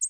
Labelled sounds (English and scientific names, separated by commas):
American Redstart (Setophaga ruticilla) flight call